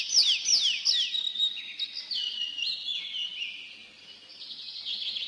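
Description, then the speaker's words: Tree Pipit song, three sharp descending high notes followed by a series of stepped trilled phrases. Sung over forest edges and overgrown clearings; twittering part begun perched in a tree, continued flying up, second part sung while gliding down to a neighbouring treetop. "Песня лесного конька слышна над лесными опушками и зарастающими сечами."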